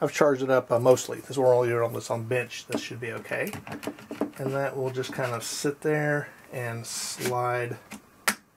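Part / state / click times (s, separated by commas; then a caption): flight battery into quadcopter battery bay / seated / 8.3 s. Someone talks while a mostly charged flight battery is slid into the battery bay of a DJI Inspire 1 quadcopter resting on a bench and pushed home. One sharp click is heard at 8.3 s as the battery seats in place.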